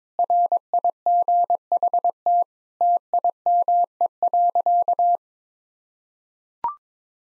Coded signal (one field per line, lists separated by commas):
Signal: Morse code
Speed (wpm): 22 wpm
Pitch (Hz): 700 Hz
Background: none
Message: RIGHT TIME.